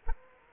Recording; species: mosquito wingbeat signal from an infrared sensor; Culex quinquefasciatus